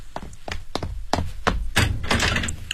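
A series of hollow wooden thunks at an uneven, steady pace, then a denser clatter and rattle as a wooden door is pulled open to let police officers in. No one speaks.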